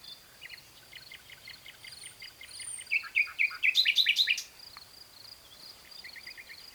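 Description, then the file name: Common nightingale singing: a soft series of repeated ticking notes builds into a louder phrase of rapid sweeping chirps, then quieter repeated notes follow, with a constant high-pitched hiss. "Luscinia megarhynchos"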